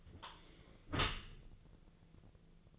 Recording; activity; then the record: daily activity, microphone in the room; close dishwasher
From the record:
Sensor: 4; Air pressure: 1001.3 hPa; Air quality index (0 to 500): 182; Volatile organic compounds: 2 ppm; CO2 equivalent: 1298 ppm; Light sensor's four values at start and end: 12/28/11/12 and 12/28/11/12